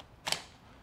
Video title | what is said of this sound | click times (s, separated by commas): Hoover Streamline Wet Dry FH46000 Vacuum Unboxing | all you're going to do is slide this in here until you hear a click and you want to be firm | 0.3 s